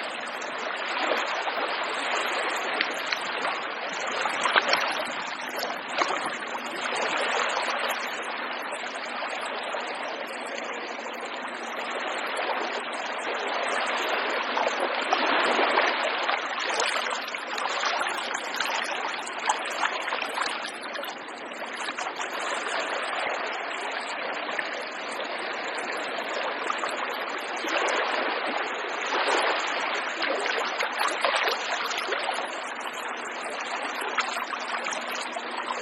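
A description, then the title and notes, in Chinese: A seaside walk fills with a dense, steady rush of water throughout, with a faint low hum underneath and a thin high hiss above. 自然·白噪音 - 漫步滨海。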